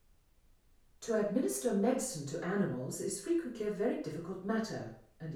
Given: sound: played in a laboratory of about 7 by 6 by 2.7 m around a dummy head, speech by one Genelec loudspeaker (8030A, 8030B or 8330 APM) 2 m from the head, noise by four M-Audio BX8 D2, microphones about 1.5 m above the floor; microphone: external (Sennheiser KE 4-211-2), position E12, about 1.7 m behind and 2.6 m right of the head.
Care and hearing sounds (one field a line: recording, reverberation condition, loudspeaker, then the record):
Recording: female speech in English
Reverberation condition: medium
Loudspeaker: 120 degrees to the left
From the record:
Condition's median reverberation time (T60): about 510 ms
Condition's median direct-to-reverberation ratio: about -0.5 dB